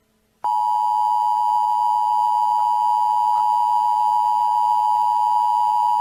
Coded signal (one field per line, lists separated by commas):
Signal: Emergency Alert System (SAME) tones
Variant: 853 and 960 Hz attention tone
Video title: EAS Scenario “ Close Your Eyes “ Part 1/2